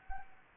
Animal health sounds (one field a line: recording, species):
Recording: mosquito wingbeat signal from an infrared sensor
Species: Anopheles arabiensis